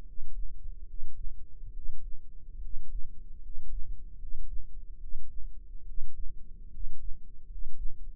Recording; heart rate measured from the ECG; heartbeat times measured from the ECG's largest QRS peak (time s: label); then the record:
heart sounds by microphone in the left ear; 73 bpm
0.01 s: heartbeat
0.83 s: heartbeat
1.70 s: heartbeat
2.57 s: heartbeat
3.37 s: heartbeat
4.15 s: heartbeat
4.96 s: heartbeat
5.82 s: heartbeat
6.67 s: heartbeat
7.44 s: heartbeat
From the record:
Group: healthy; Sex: male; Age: 22 years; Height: 185 cm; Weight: 112.4 kg